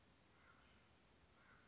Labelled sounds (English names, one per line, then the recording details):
Common Raven
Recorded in Sonoma County, California